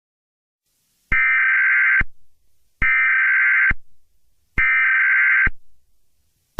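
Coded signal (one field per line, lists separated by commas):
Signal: Emergency Alert System (SAME) tones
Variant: header bursts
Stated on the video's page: Fictional EAS scenarios simulating cyberattack and attack alerts.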